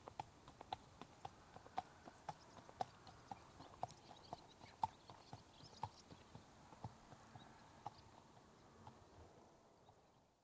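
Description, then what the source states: Horse hoofbeats at a walk, a series of hard clops, fading away at the end, with faint background hiss. Horse walking on tarmac, approaching, stopping and departing right to left.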